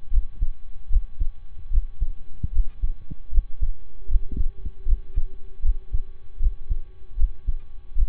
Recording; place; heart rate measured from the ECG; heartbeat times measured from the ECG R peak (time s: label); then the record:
heart sounds by stethoscope; between the tricuspid and mitral areas; 76 bpm
0.08 s: heartbeat
0.87 s: heartbeat
1.67 s: heartbeat
2.49 s: heartbeat
3.28 s: heartbeat
4.05 s: heartbeat
4.83 s: heartbeat
5.59 s: heartbeat
6.36 s: heartbeat
7.14 s: heartbeat
7.92 s: heartbeat
From the record:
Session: slow and fast walking with breaks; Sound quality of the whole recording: saturated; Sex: male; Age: 25 years